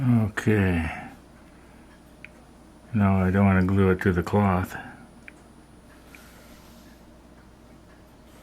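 Someone talks while handling a small styrene part to press it into its mating spot on a plastic model ship under assembly, with a few faint handling ticks around 2.2 s, 5.3 s and 6.2 s. The part has not snapped in yet; nothing has seated or clicked.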